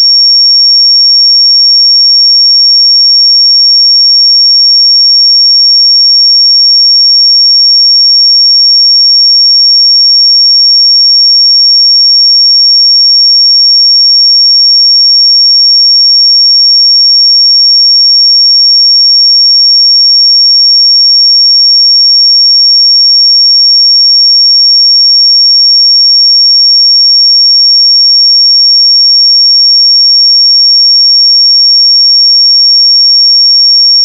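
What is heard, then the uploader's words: A pure sine tone at 5522 Hz holds one fixed, thin, high pitch for the whole clip. Its loudness stays perfectly even from start to finish, with no other sounds, no background noise, and nothing else in the clip. 5522 Hz 1 Hz Interval Sine Pure Tone Frequency 441000 Sample Mono.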